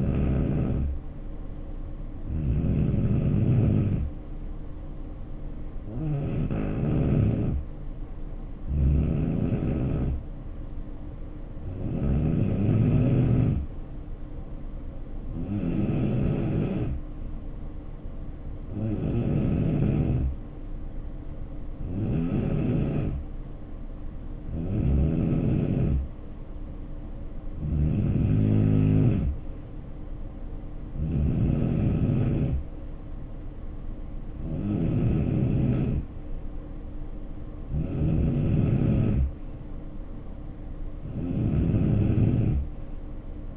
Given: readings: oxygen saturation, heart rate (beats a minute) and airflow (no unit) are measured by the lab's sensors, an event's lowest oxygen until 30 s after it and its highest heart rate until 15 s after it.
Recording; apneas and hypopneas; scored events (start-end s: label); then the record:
breathing in sleep by a smartphone at the bedside; none
none scored
From the record:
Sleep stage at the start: N2 (light sleep); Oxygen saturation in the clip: 86 to 90%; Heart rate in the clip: 65 to 74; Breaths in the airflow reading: 14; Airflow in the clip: -5.4 to 3.3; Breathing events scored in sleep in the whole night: 520 in 7.2 hours asleep